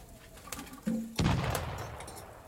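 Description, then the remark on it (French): A single cannon shot, fired to signal an escaped convict, bursts out, a sudden heavy boom that rolls and fades over about a second. A soft low tone and faint rustling come just before it, with no one talking. “Pourquoi il donne du canon, Joe? C'est pour dire qu'il y en a un deuxième dans la nature.”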